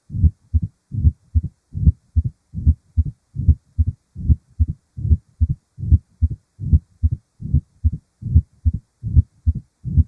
Heart Murmurs: Mitral Stenosis. Mitral stenosis: a clicking sound as the valve opens followed by a decrescendo-crescendo diastolic murmur.